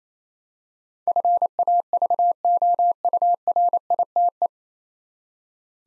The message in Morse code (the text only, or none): FAVOURITE